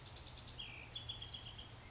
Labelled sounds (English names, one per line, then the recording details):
Bewick's Wren
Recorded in Sonoma County, California